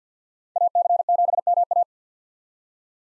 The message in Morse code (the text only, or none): AC7MA